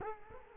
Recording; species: mosquito wingbeat signal from an infrared sensor; Culex quinquefasciatus